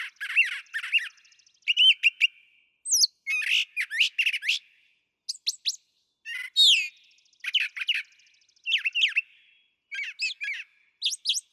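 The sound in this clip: Brown thrasher song: a long run of varied phrases, some harsh and buzzy, others whistled or chirped, mostly given in doubled bursts separated by short pauses.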